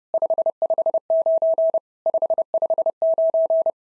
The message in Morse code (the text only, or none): 559 559